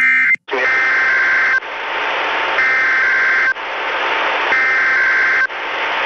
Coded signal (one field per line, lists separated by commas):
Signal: Emergency Alert System (SAME) tones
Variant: header bursts